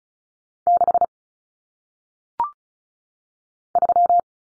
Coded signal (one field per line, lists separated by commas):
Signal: Morse code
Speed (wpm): 36 wpm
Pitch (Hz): 700 Hz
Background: none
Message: 6 3